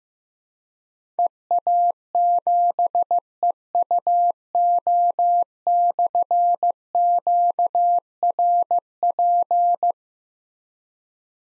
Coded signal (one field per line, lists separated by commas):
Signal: Morse code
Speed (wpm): 15 wpm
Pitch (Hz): 700 Hz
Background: none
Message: EA7EUO/QRP